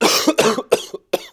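Four quick, harsh coughs from an adult man come in close succession over just over a second. Each burst is rough and breathy, and the third ends in a brief trailing catch. The result is a short, dry-sounding coughing fit.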